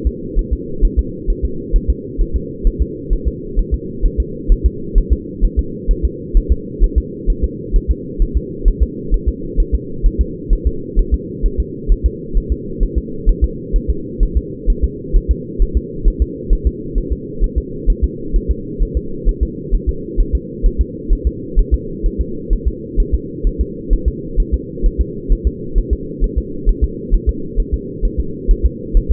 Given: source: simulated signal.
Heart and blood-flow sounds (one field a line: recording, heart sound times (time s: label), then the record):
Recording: fetal heart sounds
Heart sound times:
0.07 s: S2
0.39 s: S1
0.53 s: S2
0.85 s: S1
0.99 s: S2
1.30 s: S1
1.45 s: S2
1.76 s: S1
1.90 s: S2
2.21 s: S1
2.36 s: S2
2.67 s: S1
2.82 s: S2
3.13 s: S1
3.28 s: S2
3.59 s: S1
3.74 s: S2
4.06 s: S1
4.20 s: S2
4.52 s: S1
4.66 s: S2
4.98 s: S1
5.13 s: S2
5.45 s: S1
5.59 s: S2
5.91 s: S1
6.05 s: S2
6.37 s: S1
6.52 s: S2
6.84 s: S1
6.98 s: S2
7.30 s: S1
7.44 s: S2
7.76 s: S1
7.91 s: S2
8.22 s: S1
8.37 s: S2
8.68 s: S1
8.83 s: S2
9.14 s: S1
9.29 s: S2
9.60 s: S1
9.75 s: S2
10.06 s: S1
10.21 s: S2
10.53 s: S1
10.67 s: S2
10.99 s: S1
11.14 s: S2
11.46 s: S1
11.60 s: S2
11.92 s: S1
12.06 s: S2
12.37 s: S1
12.52 s: S2
12.83 s: S1
12.98 s: S2
13.29 s: S1
13.44 s: S2
13.76 s: S1
13.90 s: S2
14.23 s: S1
14.37 s: S2
14.70 s: S1
14.84 s: S2
15.17 s: S1
15.31 s: S2
15.62 s: S1
15.77 s: S2
16.08 s: S1
16.22 s: S2
16.53 s: S1
16.67 s: S2
16.98 s: S1
17.12 s: S2
17.44 s: S1
17.58 s: S2
17.90 s: S1
18.04 s: S2
18.36 s: S1
18.51 s: S2
18.83 s: S1
18.97 s: S2
19.29 s: S1
19.43 s: S2
19.75 s: S1
19.89 s: S2
20.20 s: S1
20.35 s: S2
20.66 s: S1
20.81 s: S2
21.13 s: S1
21.27 s: S2
21.59 s: S1
21.74 s: S2
22.06 s: S1
22.21 s: S2
22.53 s: S1
22.68 s: S2
23.00 s: S1
23.15 s: S2
23.47 s: S1
23.61 s: S2
23.93 s: S1
24.08 s: S2
24.40 s: S1
24.54 s: S2
24.86 s: S1
25.01 s: S2
25.33 s: S1
25.47 s: S2
25.78 s: S1
25.93 s: S2
26.24 s: S1
26.38 s: S2
26.69 s: S1
26.84 s: S2
27.14 s: S1
27.29 s: S2
27.60 s: S1
27.74 s: S2
28.05 s: S1
28.20 s: S2
28.51 s: S1
28.66 s: S2
28.97 s: S1
29.12 s: S2
From the record:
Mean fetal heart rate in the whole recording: 130 bpm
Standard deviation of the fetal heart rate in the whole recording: 2 bpm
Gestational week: 38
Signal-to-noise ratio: -4.3 dB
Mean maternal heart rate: 72 bpm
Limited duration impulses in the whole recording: absent